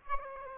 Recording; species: mosquito wingbeat signal from an infrared sensor; Aedes aegypti